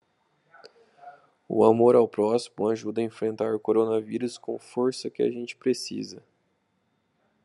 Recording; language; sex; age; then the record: spoken sentence; Brazilian Portuguese; male; 20 to 29 years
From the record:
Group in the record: control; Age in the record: 26 years